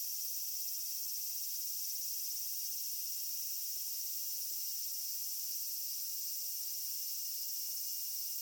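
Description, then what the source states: Robust cicada song, a dense steady high-pitched drone that holds without break throughout, with no other clear sounds. Recorded in thickets.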